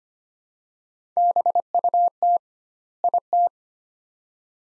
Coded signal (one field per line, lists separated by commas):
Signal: Morse code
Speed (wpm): 25 wpm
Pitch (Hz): 700 Hz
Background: none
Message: BUT IT